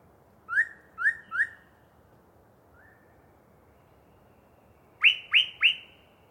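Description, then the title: Yellow-breasted chat song: three lower rising whistles, a faint single note, then three higher, louder upslurred notes in a fast series. Long pre-dawn song bout from a particularly chatty bird in deciduous cover. "A Very Chatty Yellow-breasted Chat"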